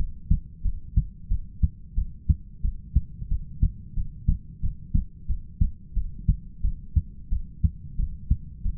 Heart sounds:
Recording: heart sounds by stethoscope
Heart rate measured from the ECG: 90 bpm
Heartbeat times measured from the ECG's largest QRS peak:
0.63 s: heartbeat
1.29 s: heartbeat
1.96 s: heartbeat
2.63 s: heartbeat
3.30 s: heartbeat
3.95 s: heartbeat
4.62 s: heartbeat
5.28 s: heartbeat
5.95 s: heartbeat
6.63 s: heartbeat
7.30 s: heartbeat
7.97 s: heartbeat
8.64 s: heartbeat
From the record:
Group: heart failure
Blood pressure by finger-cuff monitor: 101/65 mmHg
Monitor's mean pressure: 79 mmHg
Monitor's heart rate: 91 bpm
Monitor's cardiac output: 7.8 L/min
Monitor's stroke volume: 86 mL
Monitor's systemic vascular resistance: 730 dyn s/cm5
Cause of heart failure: ischemic heart disease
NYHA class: 1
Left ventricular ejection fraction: 38%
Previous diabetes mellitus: present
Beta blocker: bisoprolol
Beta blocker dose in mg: 15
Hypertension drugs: sacubitril-valsartan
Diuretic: furosemide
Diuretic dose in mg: 20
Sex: male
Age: 33 years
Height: 172 cm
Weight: 78.5 kg

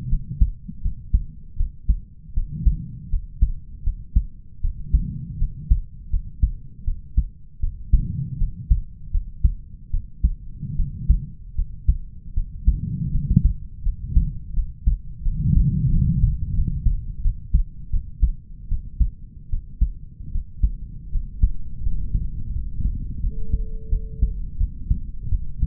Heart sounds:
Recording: heart sounds by stethoscope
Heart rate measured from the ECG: 81 bpm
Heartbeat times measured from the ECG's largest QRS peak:
0.08 s: heartbeat
0.81 s: heartbeat
1.56 s: heartbeat
2.33 s: heartbeat
3.09 s: heartbeat
3.83 s: heartbeat
4.60 s: heartbeat
5.37 s: heartbeat
6.09 s: heartbeat
6.84 s: heartbeat
7.59 s: heartbeat
8.37 s: heartbeat
9.10 s: heartbeat
9.90 s: heartbeat
10.76 s: heartbeat
11.55 s: heartbeat
12.33 s: heartbeat
13.11 s: heartbeat
13.82 s: heartbeat
14.53 s: heartbeat
15.22 s: heartbeat
15.89 s: heartbeat
16.53 s: heartbeat
17.21 s: heartbeat
17.90 s: heartbeat
18.68 s: heartbeat
19.49 s: heartbeat
20.31 s: heartbeat
21.10 s: heartbeat
21.82 s: heartbeat
22.52 s: heartbeat
23.20 s: heartbeat
23.89 s: heartbeat
24.57 s: heartbeat
25.29 s: heartbeat
From the record:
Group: healthy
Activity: rest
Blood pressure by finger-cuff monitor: 98/77 mmHg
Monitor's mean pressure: 82 mmHg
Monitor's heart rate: 80 bpm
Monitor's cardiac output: 5.3 L/min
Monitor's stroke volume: 66 mL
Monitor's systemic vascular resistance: 1100 dyn s/cm5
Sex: male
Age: 20 years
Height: 187 cm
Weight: 68.9 kg

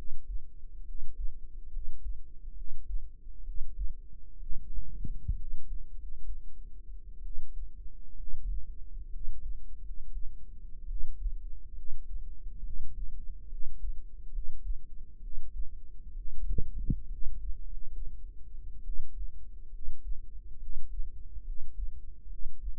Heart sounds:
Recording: heart sounds by microphone in the right ear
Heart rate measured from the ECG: 67 bpm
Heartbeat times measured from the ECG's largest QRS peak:
0.82 s: heartbeat
1.68 s: heartbeat
2.52 s: heartbeat
3.41 s: heartbeat
4.36 s: heartbeat
5.33 s: heartbeat
5.93 s: heartbeat
7.20 s: heartbeat
8.14 s: heartbeat
9.08 s: heartbeat
9.79 s: heartbeat
10.85 s: heartbeat
11.72 s: heartbeat
12.60 s: heartbeat
13.46 s: heartbeat
14.28 s: heartbeat
15.18 s: heartbeat
16.12 s: heartbeat
17.06 s: heartbeat
17.62 s: heartbeat
18.81 s: heartbeat
19.68 s: heartbeat
20.56 s: heartbeat
21.41 s: heartbeat
22.26 s: heartbeat
From the record:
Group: healthy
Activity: rest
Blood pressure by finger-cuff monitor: 108/70 mmHg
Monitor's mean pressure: 81 mmHg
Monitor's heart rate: 66 bpm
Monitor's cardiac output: 5.4 L/min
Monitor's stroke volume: 80 mL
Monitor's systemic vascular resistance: 1080 dyn s/cm5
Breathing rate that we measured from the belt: 15 breaths a minute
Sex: female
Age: 22 years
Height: 171 cm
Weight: 65.6 kg

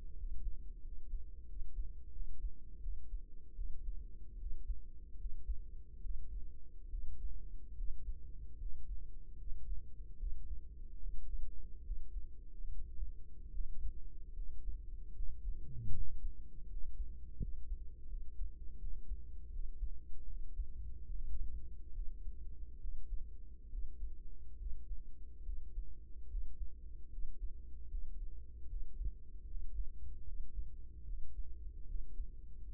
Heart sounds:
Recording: heart sounds by microphone in the right ear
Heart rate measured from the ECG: 76 bpm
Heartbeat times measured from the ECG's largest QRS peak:
0.14 s: heartbeat
0.81 s: heartbeat
1.46 s: heartbeat
2.10 s: heartbeat
2.79 s: heartbeat
3.54 s: heartbeat
4.36 s: heartbeat
5.15 s: heartbeat
6.00 s: heartbeat
6.88 s: heartbeat
7.74 s: heartbeat
8.56 s: heartbeat
9.36 s: heartbeat
10.16 s: heartbeat
10.98 s: heartbeat
11.82 s: heartbeat
12.67 s: heartbeat
13.49 s: heartbeat
14.32 s: heartbeat
15.12 s: heartbeat
15.91 s: heartbeat
16.66 s: heartbeat
17.38 s: heartbeat
18.06 s: heartbeat
18.77 s: heartbeat
19.49 s: heartbeat
20.25 s: heartbeat
21.05 s: heartbeat
21.92 s: heartbeat
22.78 s: heartbeat
23.68 s: heartbeat
24.56 s: heartbeat
25.42 s: heartbeat
26.27 s: heartbeat
27.08 s: heartbeat
27.87 s: heartbeat
28.66 s: heartbeat
29.45 s: heartbeat
30.23 s: heartbeat
31.04 s: heartbeat
31.85 s: heartbeat
32.65 s: heartbeat
From the record:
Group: healthy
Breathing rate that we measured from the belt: 17 breaths a minute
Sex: male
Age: 35 years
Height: 178 cm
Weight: 64 kg

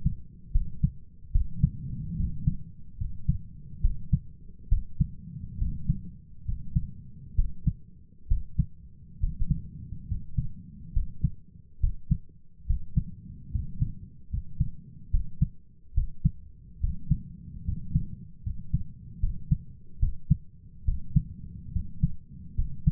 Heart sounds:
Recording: heart sounds by stethoscope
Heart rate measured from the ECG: 71 bpm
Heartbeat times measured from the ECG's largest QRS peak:
0.51 s: heartbeat
1.31 s: heartbeat
2.15 s: heartbeat
2.97 s: heartbeat
3.80 s: heartbeat
4.68 s: heartbeat
5.57 s: heartbeat
6.44 s: heartbeat
7.35 s: heartbeat
8.27 s: heartbeat
9.19 s: heartbeat
10.07 s: heartbeat
10.92 s: heartbeat
11.79 s: heartbeat
12.65 s: heartbeat
13.50 s: heartbeat
14.29 s: heartbeat
15.10 s: heartbeat
15.93 s: heartbeat
16.79 s: heartbeat
17.64 s: heartbeat
18.42 s: heartbeat
19.19 s: heartbeat
19.98 s: heartbeat
20.84 s: heartbeat
21.71 s: heartbeat
22.54 s: heartbeat
From the record:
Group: healthy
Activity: rest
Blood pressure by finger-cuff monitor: 110/71 mmHg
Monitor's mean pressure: 80 mmHg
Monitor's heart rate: 69 bpm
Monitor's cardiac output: 6.4 L/min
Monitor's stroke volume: 88 mL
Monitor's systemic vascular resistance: 890 dyn s/cm5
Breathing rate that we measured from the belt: 16 breaths a minute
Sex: male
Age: 23 years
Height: 178 cm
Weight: 96.6 kg

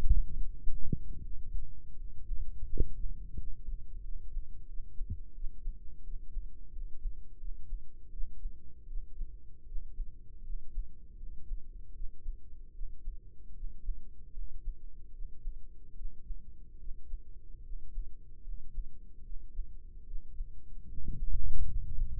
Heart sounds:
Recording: heart sounds by microphone in the right ear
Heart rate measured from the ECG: 79 bpm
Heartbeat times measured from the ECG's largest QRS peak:
0.35 s: heartbeat
1.19 s: heartbeat
1.94 s: heartbeat
2.67 s: heartbeat
3.35 s: heartbeat
4.00 s: heartbeat
4.65 s: heartbeat
5.32 s: heartbeat
6.01 s: heartbeat
6.70 s: heartbeat
7.37 s: heartbeat
8.10 s: heartbeat
8.85 s: heartbeat
9.64 s: heartbeat
10.42 s: heartbeat
11.15 s: heartbeat
11.92 s: heartbeat
12.71 s: heartbeat
13.52 s: heartbeat
14.31 s: heartbeat
15.10 s: heartbeat
15.93 s: heartbeat
16.76 s: heartbeat
17.61 s: heartbeat
18.41 s: heartbeat
19.22 s: heartbeat
20.03 s: heartbeat
20.85 s: heartbeat
21.65 s: heartbeat
From the record:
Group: healthy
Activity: rest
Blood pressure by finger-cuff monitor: 107/61 mmHg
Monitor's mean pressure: 72 mmHg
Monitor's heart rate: 76 bpm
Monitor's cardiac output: 5.5 L/min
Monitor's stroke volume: 71 mL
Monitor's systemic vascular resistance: 940 dyn s/cm5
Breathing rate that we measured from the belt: 16 breaths a minute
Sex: male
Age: 20 years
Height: 167 cm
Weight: 61 kg

